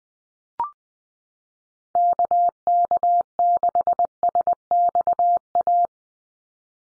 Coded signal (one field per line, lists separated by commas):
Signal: Morse code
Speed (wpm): 20 wpm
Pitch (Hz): 700 Hz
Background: none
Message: KK6SXA